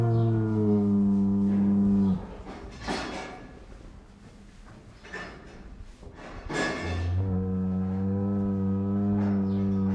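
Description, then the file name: Cow mooing, long low droning moos at the start and again near the end, with clattering and shuffling barn noises in between. Cow barn ambience. "cow barn ambience"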